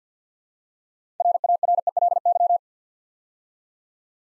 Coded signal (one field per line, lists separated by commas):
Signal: Morse code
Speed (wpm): 50 wpm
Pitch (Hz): 700 Hz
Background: none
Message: RARELY